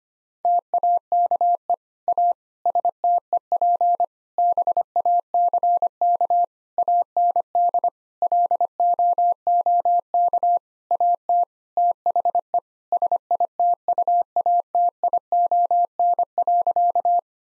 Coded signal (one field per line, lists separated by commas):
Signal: Morse code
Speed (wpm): 25 wpm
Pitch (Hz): 700 Hz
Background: none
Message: TAKE A STEP BACK AND LOOK AT THE SITUATION.